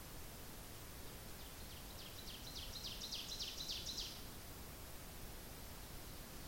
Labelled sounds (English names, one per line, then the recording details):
Ovenbird song
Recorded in boreal forest in Alberta, Canada, on 10 June 2016 at 08:56
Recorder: SongMeter 3, array SBT-3-39
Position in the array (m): 270 m, 158 m
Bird 19